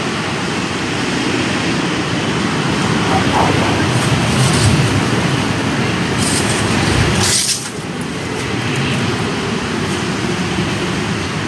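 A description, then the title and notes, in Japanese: Strong wind at the start of the rainy season roars steadily, a dense rushing noise heaviest in the low end. Brief brighter gusts flare around four, six and seven seconds, with a sharp swell near seven before the roar eases slightly. とある梅雨入りの強風。風のものすごく強い日がありましたね。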